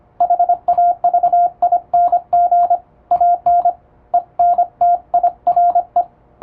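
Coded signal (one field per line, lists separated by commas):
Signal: Morse code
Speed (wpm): 25 wpm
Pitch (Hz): 700 Hz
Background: radio noise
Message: HAVING AN ENTIRE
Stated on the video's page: English Morse sent at high speed with an electronic keyer by a first-class radiotelegraph operator for practice, using typing-test texts.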